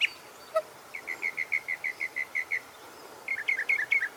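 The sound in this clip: Bird song, a soft even series of about ten short high notes, followed by a quicker, more varied twittering phrase.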